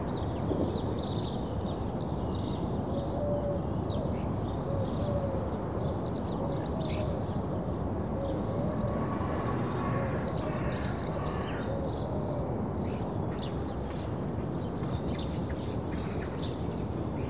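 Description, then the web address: Birds chirping with sharp high notes, alongside a softer repeated low hooting call, all over a constant heavy low roar. Suburban birds in early morning. "The BBC Sound Effects Library - Complete 60 CDs Collection. Early Morning Suburban Birds"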